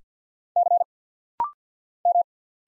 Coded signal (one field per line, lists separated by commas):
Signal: Morse code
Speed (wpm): 48 wpm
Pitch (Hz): 700 Hz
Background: none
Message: C M